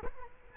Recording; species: mosquito wingbeat signal from an infrared sensor; Culex quinquefasciatus